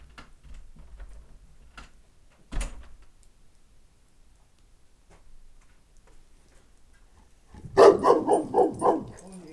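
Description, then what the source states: Dog (St. Bernard and Moscow Watchdog mix): a quick run of barks near the end, after several seconds of faint ticking and scattered thumps. St. Bernard and Moscow Watchdog mix dog in a farmyard at the Eger tourist lodge.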